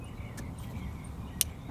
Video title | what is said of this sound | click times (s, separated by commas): This Illegal Mod Will Make Your Car 5x Better | that goes in and then it just snaps in here | 1.4 s